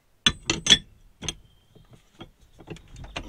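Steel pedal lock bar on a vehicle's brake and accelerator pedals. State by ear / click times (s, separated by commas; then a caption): seated / 0.3 s. A steel anti-theft lock bar is pushed across a van's accelerator and brake pedals until it clicks locked at 0.3 s. Sharp metallic knocks follow at about 0.5 and 0.7 s, then softer clunks and rattles around 1.3 s and 3.2 s. The bar is confirmed locked in place.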